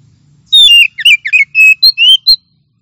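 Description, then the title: Oriental magpie-robin song: a loud burst of clear whistled notes, slurred and warbling, around two seconds long, with sharp sliding phrases and a final high note. Champion-grade bird. "Kicau Burung Kacer Juara"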